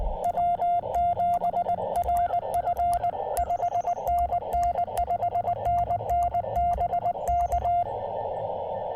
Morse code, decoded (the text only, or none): W7RF 5NN 5NN BK